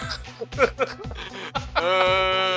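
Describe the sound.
A goat bleats in one long, steady, nasal cry at the end, after a run of short, choppy vocal bursts that sound like chuckling.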